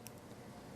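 The final plastic Lego-brick top section is pressed onto a Lego Pokémon Alakazam model and seats with a soft click at 0.1 s, finishing the build. Otherwise only a faint, steady background hiss is heard.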